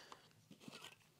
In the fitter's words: that just snaps back into place.